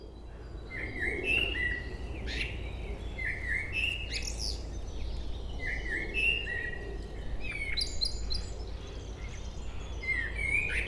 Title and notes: Chemin des cris, 73310 Chindrieux, France - Merle. Un beau chant de merle local